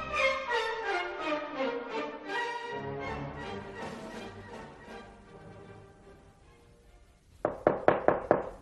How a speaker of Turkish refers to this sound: Helen, kapıyı vurmana gerek yoktu.